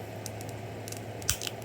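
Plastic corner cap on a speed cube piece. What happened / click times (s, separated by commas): The plastic cap clicks free / 1.3 s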